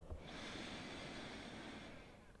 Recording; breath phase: one breath near a microphone; inhalation